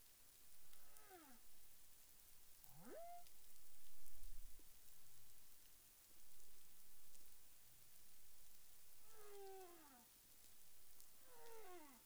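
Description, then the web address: Humpback whale phrases of falling harmonic moans and a single swift rising whoop over background noise. Recorded in the Caribbean on 30 January 2021 at 13:06 UTC. "CARIMAM. humpback whale 20210130 130658 UTC"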